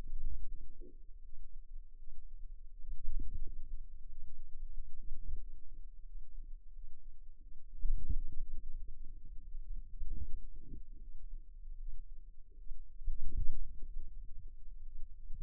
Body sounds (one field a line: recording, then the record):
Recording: forearm muscle sounds (acoustic myography)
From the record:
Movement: wrist flexion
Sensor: system 2, bracelet of six BSWA MPA416 microphones around the upper forearm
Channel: 6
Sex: female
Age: 23 years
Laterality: right